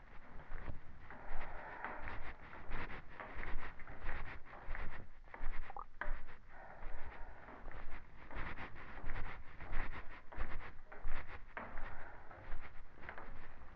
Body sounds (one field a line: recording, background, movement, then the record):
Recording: deep breathing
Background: quiet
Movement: walking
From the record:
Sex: female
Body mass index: 18.3 kg/m2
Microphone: on the chest, facing the body